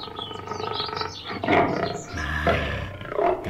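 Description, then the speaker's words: Tiger roaring: rough, growling bursts with a louder roar near the middle and another toward the end, over broad background noise. The tiger is described as a rare animal. "itu suara harimau. Termasuk hewan langka juga itu."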